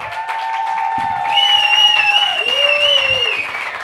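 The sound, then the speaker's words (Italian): An audience at a stand-up comedy night claps steadily for about four seconds, a dense crackling wash that swells slightly midway, with sustained high tones gliding above the clapping. “Buonasera ex Alge, fatemi sentire con un applauso!”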